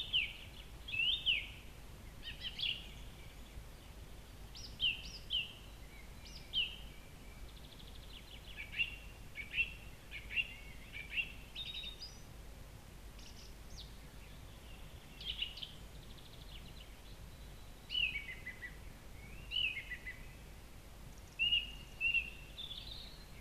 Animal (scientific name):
Turdus philomelos